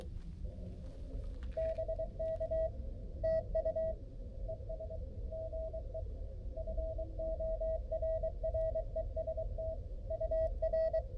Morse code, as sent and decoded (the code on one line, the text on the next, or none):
-... -.- / - ..- / . ... / --. . / ..-. --- .-. .-. . ... - / ..- .-.
BK TU ES GE FORREST UR